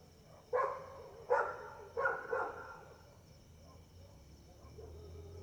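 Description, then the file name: Dog barks three or four times in quick succession, then quiet, with a steady high insect tone and low rumbling noise underneath. Several dogs barking at night, first far away and then near, with crickets calling. "Cachorros latindo longe e depois perto a noite com grilo e passa uma moto"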